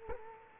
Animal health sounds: mosquito wingbeat signal from an infrared sensor; Culex quinquefasciatus

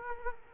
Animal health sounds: mosquito wingbeat signal from an infrared sensor; Culex quinquefasciatus

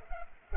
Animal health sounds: mosquito wingbeat signal from an infrared sensor; Culex pipiens

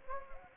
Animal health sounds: mosquito wingbeat signal from an infrared sensor; Anopheles gambiae

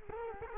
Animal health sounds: mosquito wingbeat signal from an infrared sensor; Culex quinquefasciatus

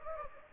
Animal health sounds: mosquito wingbeat signal from an infrared sensor; Anopheles gambiae

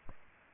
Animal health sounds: mosquito wingbeat signal from an infrared sensor; Aedes aegypti

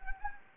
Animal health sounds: mosquito wingbeat signal from an infrared sensor; Anopheles arabiensis

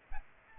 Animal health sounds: mosquito wingbeat signal from an infrared sensor; Aedes aegypti

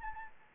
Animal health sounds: mosquito wingbeat signal from an infrared sensor; Anopheles arabiensis

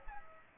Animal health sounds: mosquito wingbeat signal from an infrared sensor; Aedes aegypti

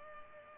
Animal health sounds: mosquito wingbeat signal from an infrared sensor; Culex pipiens

